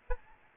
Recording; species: mosquito wingbeat signal from an infrared sensor; Aedes albopictus